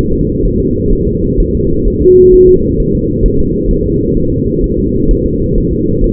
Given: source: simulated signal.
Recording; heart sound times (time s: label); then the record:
fetal heart sounds
0.13 s: S2
0.45 s: S1
0.60 s: S2
0.93 s: S1
1.07 s: S2
1.40 s: S1
1.55 s: S2
1.88 s: S1
2.02 s: S2
2.34 s: S1
2.49 s: S2
2.80 s: S1
2.95 s: S2
3.26 s: S1
3.40 s: S2
3.71 s: S1
3.86 s: S2
4.17 s: S1
4.32 s: S2
4.64 s: S1
4.79 s: S2
5.11 s: S1
5.26 s: S2
5.58 s: S1
5.73 s: S2
6.04 s: S1
From the record:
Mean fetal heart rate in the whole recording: 130 bpm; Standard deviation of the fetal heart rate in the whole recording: 4 bpm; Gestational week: 38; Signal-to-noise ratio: -15.3 dB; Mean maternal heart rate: 72 bpm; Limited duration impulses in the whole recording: present